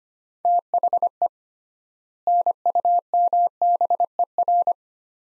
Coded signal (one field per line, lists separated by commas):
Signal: Morse code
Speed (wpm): 25 wpm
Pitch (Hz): 700 Hz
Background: none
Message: THE NUMBER